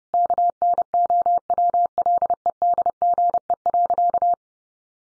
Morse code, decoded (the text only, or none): KNOWLEDGE.